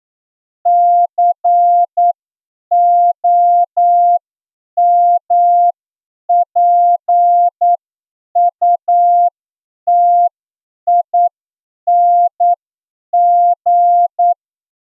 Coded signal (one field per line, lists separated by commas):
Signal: Morse code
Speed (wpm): 9 wpm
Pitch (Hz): 700 Hz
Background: none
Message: COMPUTING